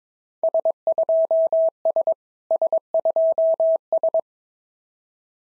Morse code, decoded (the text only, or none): S2S S2S